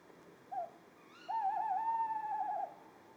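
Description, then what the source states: Tawny owl hooting: a short low note, then a long wavering hoot held just over a second, steady in pitch with faint overtones, against a quiet night background. A pair calling at 4:30 am on 20 February 2020 at Etang de Beaumont pond, Drôme; recorded in stereo with Nagra Seven and Telinga Pro7 parabola, with live commentary.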